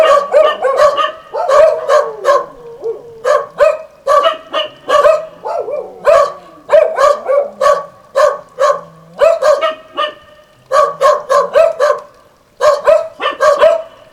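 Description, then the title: Dog barking: sharp barks in rapid runs, with brief lulls between bouts. Dogs at El Borge. "Dogs Of El Borge"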